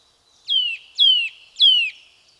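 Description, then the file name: Eurasian nuthatch giving three strong, downslurred piping notes, evenly spaced about half a second apart, on a silent background. "Sitta europaea"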